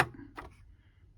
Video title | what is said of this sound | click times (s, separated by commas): Singer m2605 needle threadee | And we're just going to push it straight in, and you'll hear a click. | 0.4 s